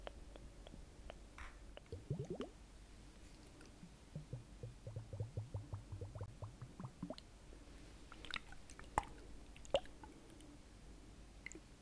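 Wet liquid sounds: squishing and dripping in quick clusters, with a burst of rapid squelches around two seconds and a longer run of soft, low squishes from four to seven seconds. Sharper bright drips and clicks pop out near eight to ten seconds over a quiet hiss.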